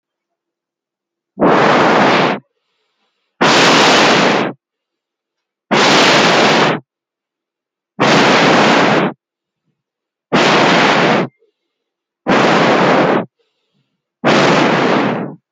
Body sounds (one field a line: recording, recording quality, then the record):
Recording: shallow breathing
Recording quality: moderate, slight background noise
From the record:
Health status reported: healthy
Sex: male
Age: 25 years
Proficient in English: yes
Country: India